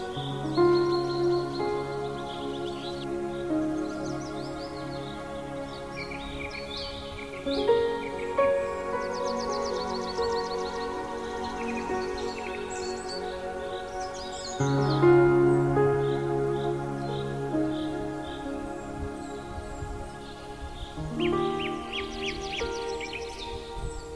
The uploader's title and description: Peaceful Garden Ambience, Singing Birds & Relaxing Piano Music. Soothing nature sounds, singing birds, peaceful piano and relaxing musical notes